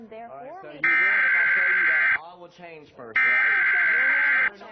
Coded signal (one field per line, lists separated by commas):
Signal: Emergency Alert System (SAME) tones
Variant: header bursts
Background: speech